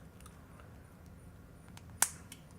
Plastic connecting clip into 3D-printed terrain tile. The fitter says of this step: there we go hear that click very satisfying